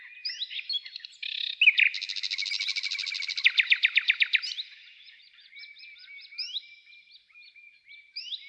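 Bird chirps leading into a dense, buzzy trill that slows into separate louder notes, then thin high chirps and upslurred calls.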